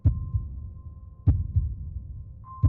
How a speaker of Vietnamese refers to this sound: Ui to rồi, tim tôi đập thình thịch như muốn vỡ cả lồng ngực.